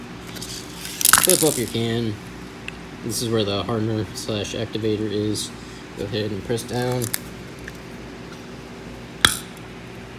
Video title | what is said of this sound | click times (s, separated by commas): EP. 6 BUDEGT K24 CRX (PAINT YOUR ENGINE BAY WITH SPRAY CAN FOR 125$ WITH SHOWROOM QUALITY) | hear that click? | 9.2 s